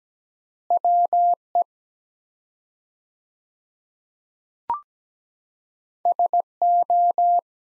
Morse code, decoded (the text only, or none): WE SO